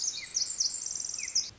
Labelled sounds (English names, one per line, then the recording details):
Pacific Wren
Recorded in Sonoma County, California